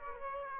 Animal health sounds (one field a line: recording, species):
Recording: mosquito wingbeat signal from an infrared sensor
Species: Aedes aegypti